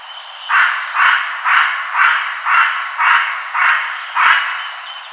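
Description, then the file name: Carrion crow giving a steady run of eight harsh, hoarse caws, spaced about half a second apart, with a faint high tone in the background. "Corvus corone"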